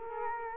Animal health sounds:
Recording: mosquito wingbeat signal from an infrared sensor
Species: Culex quinquefasciatus

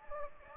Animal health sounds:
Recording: mosquito wingbeat signal from an infrared sensor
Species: Anopheles gambiae

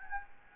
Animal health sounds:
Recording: mosquito wingbeat signal from an infrared sensor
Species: Anopheles gambiae

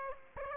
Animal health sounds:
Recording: mosquito wingbeat signal from an infrared sensor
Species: Aedes aegypti

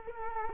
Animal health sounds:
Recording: mosquito wingbeat signal from an infrared sensor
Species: Culex quinquefasciatus

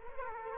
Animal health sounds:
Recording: mosquito wingbeat signal from an infrared sensor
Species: Culex quinquefasciatus

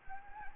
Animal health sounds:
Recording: mosquito wingbeat signal from an infrared sensor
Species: Anopheles gambiae

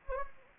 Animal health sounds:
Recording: mosquito wingbeat signal from an infrared sensor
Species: Anopheles gambiae

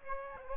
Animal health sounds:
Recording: mosquito wingbeat signal from an infrared sensor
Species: Aedes aegypti

